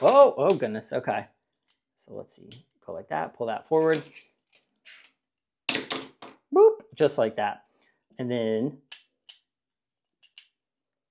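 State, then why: Seated. Someone talks while a plastic die-cast toy car is pushed into its spring-loaded crash launcher, with a few short knocks and taps between the words. At 10.4 s a small, sharp click sounds as the car snaps into the locked, loaded position and is seated.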